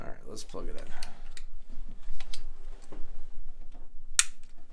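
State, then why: Seated. Someone talks while a wiring harness plug is handled and pushed onto the coolant temperature sensor connector of an EFI install, with small rustling and tapping sounds along the way. At 4.2 s it seats with one sharp, loud click, and the plug is locked in place.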